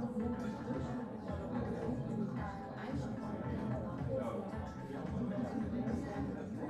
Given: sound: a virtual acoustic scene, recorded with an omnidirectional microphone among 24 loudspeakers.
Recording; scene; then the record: noise of the scene; pub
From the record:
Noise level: 74 dB SPL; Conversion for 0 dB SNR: 1.6 dB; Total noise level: 75.6 dB SPL